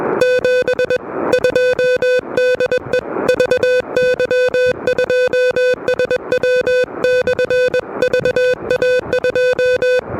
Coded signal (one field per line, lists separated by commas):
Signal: Morse code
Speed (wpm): 22 wpm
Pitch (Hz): 500 Hz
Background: music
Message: 72 DE VY2SW/VA2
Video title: Low-Profile QRP: A Relaxed (But Noisy) CW Activation at Parc des Moulins!